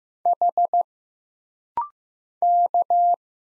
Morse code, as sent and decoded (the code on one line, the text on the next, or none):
.... / -.-
H K